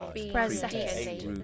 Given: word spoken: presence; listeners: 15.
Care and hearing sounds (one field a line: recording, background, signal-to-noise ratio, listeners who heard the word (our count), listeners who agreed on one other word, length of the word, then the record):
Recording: one English word in noise, from a listening test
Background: four-talker babble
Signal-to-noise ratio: 0.0 dB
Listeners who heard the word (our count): 0 of 15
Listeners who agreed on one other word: 7 of 15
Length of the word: 1.04 s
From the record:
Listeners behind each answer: 7, 1, 1, 1, 1, 1, 1, 1, 1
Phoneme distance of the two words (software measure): 10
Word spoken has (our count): 2 syllables, 6 phonemes, stress on syllable 1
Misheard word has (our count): 2 syllables, 6 phonemes, stress on syllable 1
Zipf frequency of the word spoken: 4.34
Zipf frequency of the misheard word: 4.90